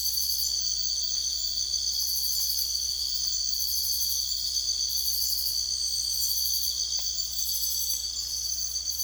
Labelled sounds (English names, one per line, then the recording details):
none
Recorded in secondary vegetation near Puerto Asís, Putumayo, Colombia, on 21 December 2024 at 04:30
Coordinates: 0.488, -76.319
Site GP04